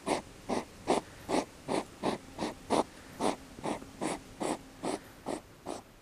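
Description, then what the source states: European hedgehog snorting in a steady series of short, breathy puffs, about two or three each second, fifteen in all, with a faint low hum underneath. Smaller of two hedgehogs huffing and snapping as a larger one circled, believed a male courting an unwilling female; late June in Kumlinge, Åland; watched 45 minutes without progress.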